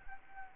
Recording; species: mosquito wingbeat signal from an infrared sensor; Anopheles arabiensis